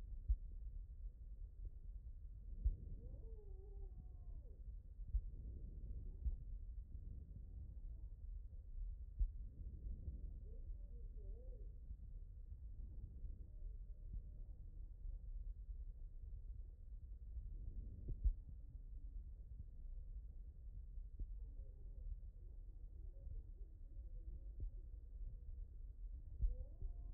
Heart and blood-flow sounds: heart sounds by stethoscope; aortic valve (AV)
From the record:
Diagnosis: non-HFrEF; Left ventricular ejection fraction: 46%

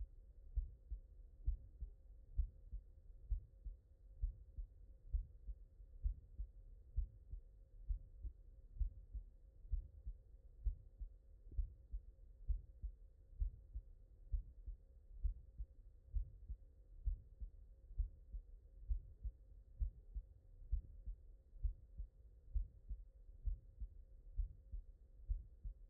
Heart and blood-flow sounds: heart sounds by stethoscope; mitral valve (MV)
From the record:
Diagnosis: non-HFrEF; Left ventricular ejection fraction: 61%

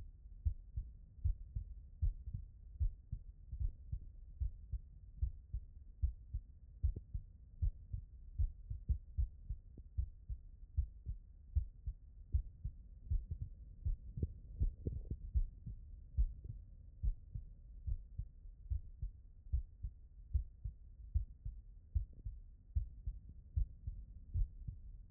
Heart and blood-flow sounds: heart sounds by stethoscope; tricuspid valve (TV)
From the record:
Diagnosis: non-HFrEF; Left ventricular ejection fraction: 60%

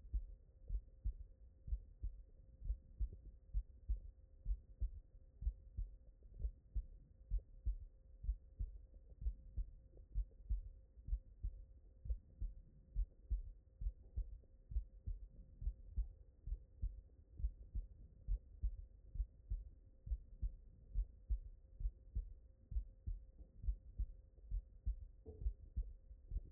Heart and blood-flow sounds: heart sounds by stethoscope; mitral valve (MV)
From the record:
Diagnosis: non-HFrEF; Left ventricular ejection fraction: 64%

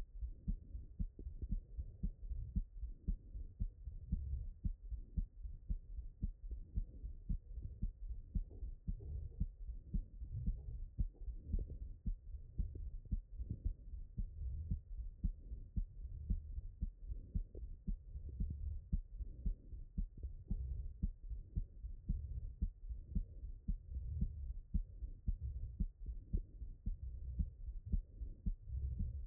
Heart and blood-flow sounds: heart sounds by stethoscope; pulmonary valve (PV)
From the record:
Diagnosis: non-HFrEF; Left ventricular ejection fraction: 57%

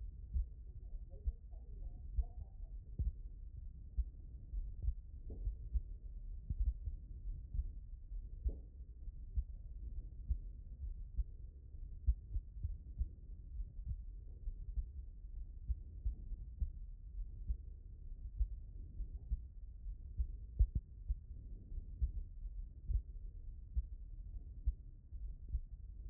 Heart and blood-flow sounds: heart sounds by stethoscope; pulmonary valve (PV)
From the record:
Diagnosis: non-HFrEF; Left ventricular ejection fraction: 60%

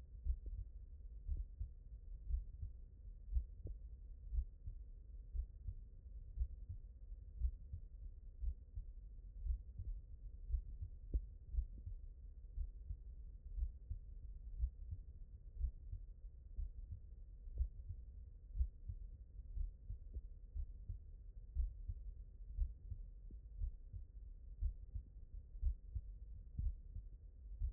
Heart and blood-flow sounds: heart sounds by stethoscope; mitral valve (MV)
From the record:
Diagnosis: non-HFrEF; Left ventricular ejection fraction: 63%

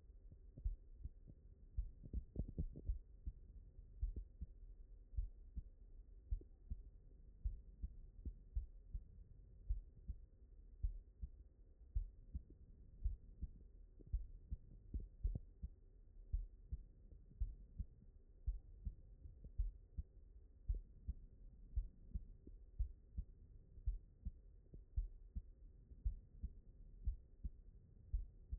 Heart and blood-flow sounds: heart sounds by stethoscope; mitral valve (MV)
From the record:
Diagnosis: non-HFrEF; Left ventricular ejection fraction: 62%

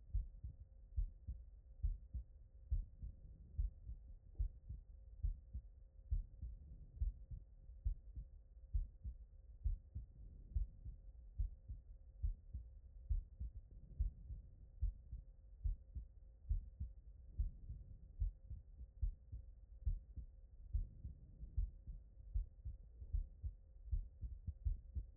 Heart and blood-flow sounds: heart sounds by stethoscope; pulmonary valve (PV)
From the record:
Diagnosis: non-HFrEF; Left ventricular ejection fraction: 66%

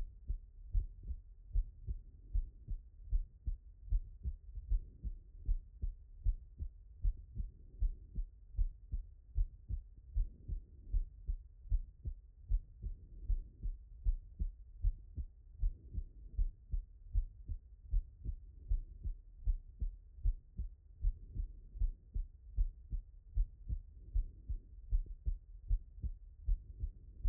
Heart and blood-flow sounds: heart sounds by stethoscope; pulmonary valve (PV)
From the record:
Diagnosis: non-HFrEF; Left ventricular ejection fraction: 67%

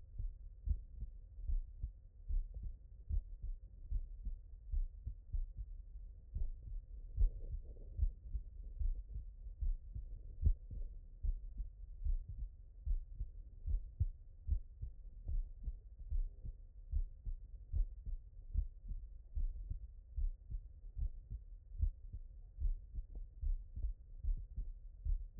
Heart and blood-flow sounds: heart sounds by stethoscope; tricuspid valve (TV)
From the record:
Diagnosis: non-HFrEF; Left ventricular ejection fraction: 69%

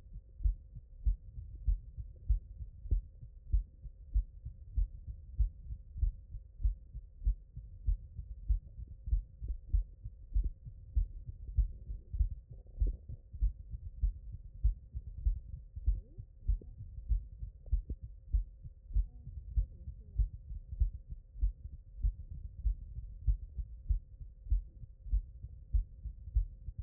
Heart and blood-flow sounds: heart sounds by stethoscope; mitral valve (MV)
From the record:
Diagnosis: non-HFrEF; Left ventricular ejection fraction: 66%

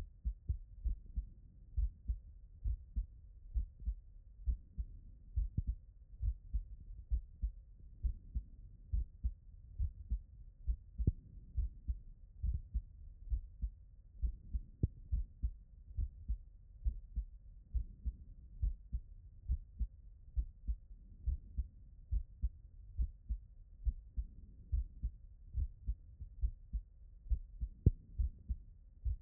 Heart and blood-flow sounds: heart sounds by stethoscope; tricuspid valve (TV)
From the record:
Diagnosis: non-HFrEF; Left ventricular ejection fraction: 63%

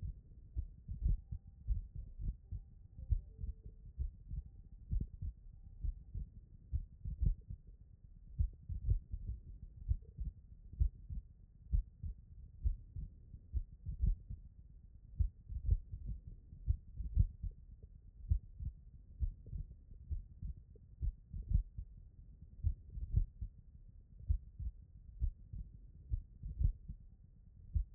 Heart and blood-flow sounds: heart sounds by stethoscope; tricuspid valve (TV)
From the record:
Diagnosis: non-HFrEF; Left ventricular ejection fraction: 49%

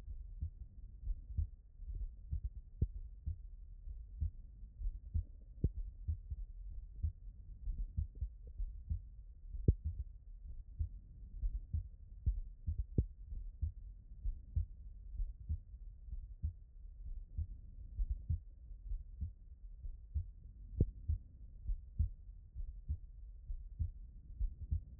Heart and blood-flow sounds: heart sounds by stethoscope; tricuspid valve (TV)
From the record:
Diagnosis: HFrEF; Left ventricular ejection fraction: 23%

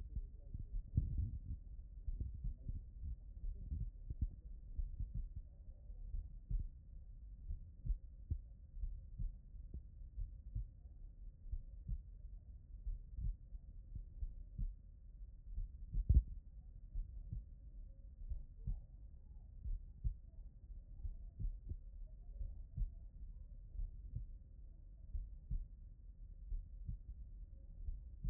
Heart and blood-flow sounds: heart sounds by stethoscope; tricuspid valve (TV)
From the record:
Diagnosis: non-HFrEF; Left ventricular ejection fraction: 64%

